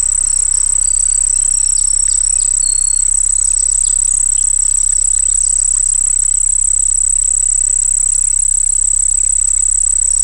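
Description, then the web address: Crickets singing as a continuous high, steady trill, with scattered faint chirps and clicks over a low constant hum. Crickets singing by a pond. "Dr Sound Effects. Crickets Singing By a Pond"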